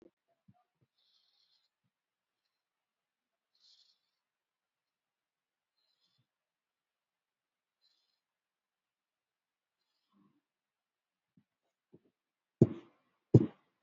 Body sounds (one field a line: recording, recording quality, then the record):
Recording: shallow breathing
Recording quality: excellent, no background noise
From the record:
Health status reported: COVID-19 positive, moderate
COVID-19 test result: positive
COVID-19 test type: RT-PCR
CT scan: not taken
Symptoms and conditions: cold, fever, muscle pain, diarrhoea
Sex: female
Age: 42 years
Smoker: no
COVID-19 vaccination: both doses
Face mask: worn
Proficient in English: yes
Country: India